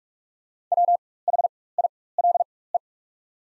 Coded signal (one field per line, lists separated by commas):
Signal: Morse code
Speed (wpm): 44 wpm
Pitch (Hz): 700 Hz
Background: none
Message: WHILE